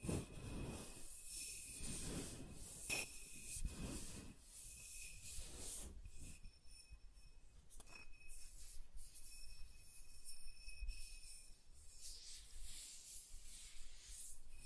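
Soft tracing and rubbing over smooth and rough surfaces, a hissy brushing that swells and fades in strokes, fuller in the first six seconds. A thin steady whine sits underneath, with brief sharp scrapes near 3 and 8 seconds.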